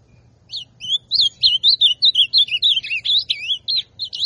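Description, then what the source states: Ultramarine grosbeak delivering a fast string of whistled, warbling notes that swoop up and down, over a faint low hum. Classic song style of the ultramarine grosbeak.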